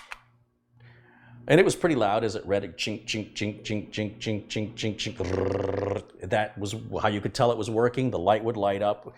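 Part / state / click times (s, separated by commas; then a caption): floppy disk into floppy disk drive / seated / 0.1 s. A floppy disk is pushed into an old floppy disk drive and seats with a sharp click at 0.1 s. A faint second tick follows at 0.8 s, and then someone talks for the rest of the clip.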